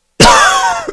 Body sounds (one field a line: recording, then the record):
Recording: coughing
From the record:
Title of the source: Coughing 51